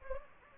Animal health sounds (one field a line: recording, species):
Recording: mosquito wingbeat signal from an infrared sensor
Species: Anopheles gambiae